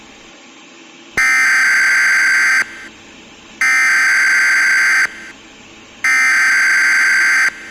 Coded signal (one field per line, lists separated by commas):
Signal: Emergency Alert System (SAME) tones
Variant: header bursts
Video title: Nuclear Attack on the USA | EAS Scenario